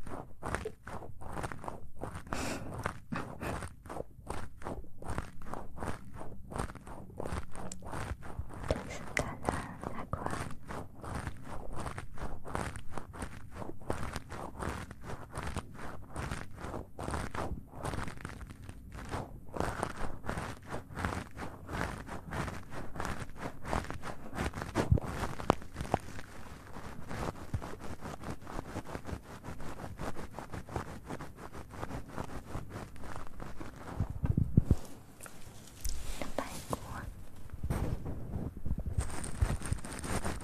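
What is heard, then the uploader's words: Mouth sounds and ear play: a dense, rapid stream of wet clicks, pops and taps runs the whole time, irregular but unbroken. Near 35 seconds the clicking thins briefly and a soft, brighter rubbing or rustling takes over before the taps resume. ASMR Mouth Sounds & Ear Play.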